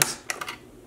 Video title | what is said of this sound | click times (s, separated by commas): Disassembly Dell OptiPlex Small Form Factor PC- Upgrade Ram & SSD | and the ram pops right out there you go | 0.0 s, 0.3 s